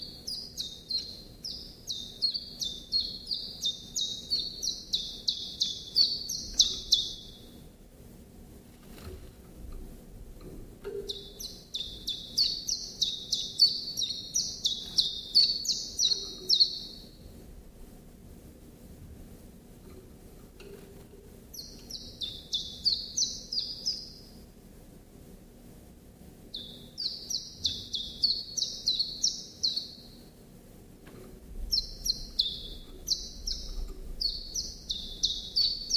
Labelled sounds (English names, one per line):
Common Chiffchaff song